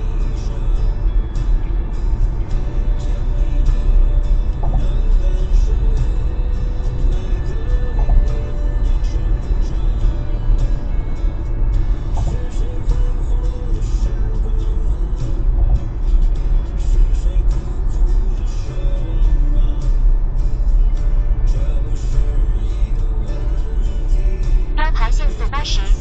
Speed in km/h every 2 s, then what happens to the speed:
95, 95, 96, 96, 96, 93, 89, 85, 81, 77, 75, 73, 71.
0-9 steady at about 96. 9-26 slows to 71.